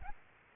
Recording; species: mosquito wingbeat signal from an infrared sensor; Aedes aegypti